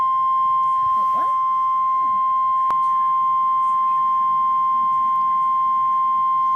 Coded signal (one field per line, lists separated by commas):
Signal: Emergency Alert System (SAME) tones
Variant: 1050 Hz attention tone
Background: speech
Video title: EAS 113 - Severe Thunderstorm Warning for Central Iowa (Was expecting Tornado Warning cancellation!)